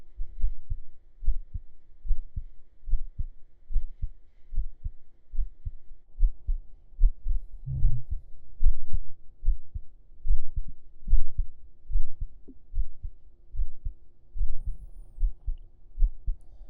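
Steady, muffled low thumps of an adult heartbeat at about 73 beats a minute, heard with the ear laid on the chest under the shirt, with a faint background hum.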